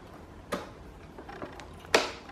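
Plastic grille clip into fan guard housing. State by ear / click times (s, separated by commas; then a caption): seated / 1.9 s. A plastic grille clip is slid into place on a fan guard housing, with a soft tap around 0.5 s and faint small clicks and rattles near 1.3–1.6 s. At 1.9 s the clip snaps home with one sharp, loud click, and it is seated.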